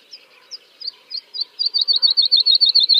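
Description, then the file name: Woodlark song starting with sparse high notes, then speeding up into a quick, steady series of repeated notes. "kicau master woodlark omkicau"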